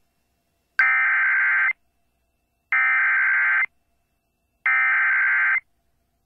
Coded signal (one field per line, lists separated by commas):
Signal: Emergency Alert System (SAME) tones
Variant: header bursts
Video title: TEXAS, TEXAS, WHY TEXAS... | EAS Alerts from May 6th, 2023 (EAS #2466-2482)